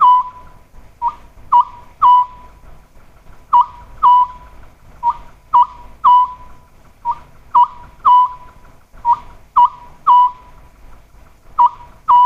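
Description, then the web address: Oriental scops owl calling, short whistled hoots near one pitch in three-note phrases, each phrase ending on a longer note, repeated about every two seconds. "sikioto. konohazuku"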